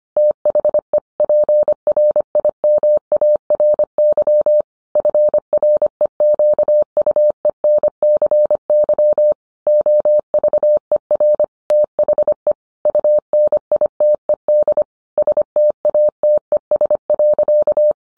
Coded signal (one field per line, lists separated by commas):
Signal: Morse code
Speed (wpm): 25 wpm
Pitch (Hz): 600 Hz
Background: none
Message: THE PRIMARY FREQUENCY OVER THE UNITED STATES.